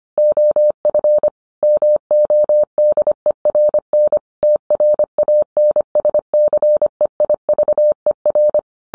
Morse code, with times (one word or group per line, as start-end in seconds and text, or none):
0.2-1.3 OF
1.6-4.2 MODERN
4.4-8.6 TRANSCEIVER